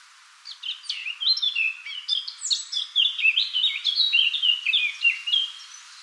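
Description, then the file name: Eurasian blackcap song, a sustained tumbling warble of clear slurred whistles and chirps, many notes swooping downward, lasting over five seconds. "Sylvia atricapilla"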